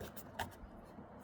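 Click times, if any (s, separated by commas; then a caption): 0.4 s. A door trim piece on a 2005–2015 Toyota Hilux N70 is pushed into the door panel during a front speaker install. A single sharp click sounds at 0.4 s over a low, steady background hum. The trim clip locks the part in place.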